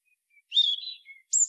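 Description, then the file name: European robin song fragments: a couple of faint thin notes, then a high twittering burst, a soft falling whistle and a final very high squeaky note. "Erithacus rubecula"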